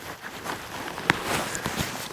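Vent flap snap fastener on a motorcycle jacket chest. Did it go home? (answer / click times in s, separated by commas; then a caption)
yes / 1.1 s. The chest ventilation duct flap on a MOTO BOY textile motorcycle jacket is stretched open and fastened with a snap. After soft fabric rustling, a sharp snap is heard at 1.1 s, followed by quieter handling sounds. The vent flap is snapped into place.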